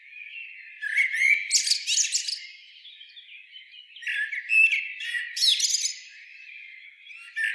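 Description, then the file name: Common blackbird song: two phrases, each a soft fluty warble ending in a burst of thin, scratchy twittering, and the start of a third at the end. "Turdus merula"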